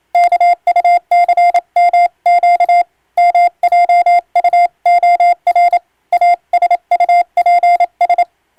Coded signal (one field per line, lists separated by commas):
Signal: Morse code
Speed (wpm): 28 wpm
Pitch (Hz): 700 Hz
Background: none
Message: KUCMQ MJUOR ASUPS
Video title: 【船舶無線通信士】昔懐かしい船舶通信士がエレキーで打つ欧文無線電報！無線通信士の国家試験の練習風景です。令和の今でも電気通信術と言うモールスの実技試験があります。morse code practice